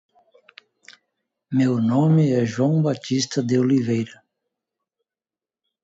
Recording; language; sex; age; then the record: spoken sentence; Brazilian Portuguese; male; 60 to 69 years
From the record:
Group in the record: control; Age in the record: 63 years